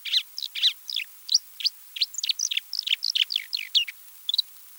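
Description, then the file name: Marsh Warbler singing a rapid jumble of scratchy, chirping high notes in quick bursts, delivered almost without a break. Recorded on 7 July 1984 in a marsh in France. "Rousserolle verderolle 19840707 marais-Frane"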